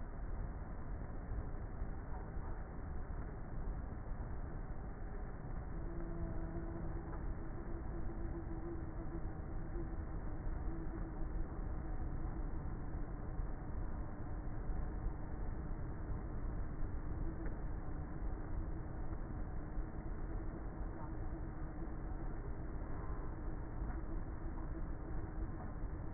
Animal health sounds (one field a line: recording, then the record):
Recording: honeybee colony, microphone inside the hive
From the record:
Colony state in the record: queenless with a low population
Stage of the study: before two queens were removed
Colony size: about 30,000 bees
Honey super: no